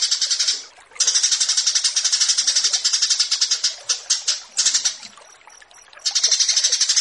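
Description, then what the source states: Bush lark song: dense, buzzy, rapidly pulsed high trills, broken by brief pauses and a few short separate notes. Tutor (masteran) recording for cage birds, pitting this bush lark against another bird.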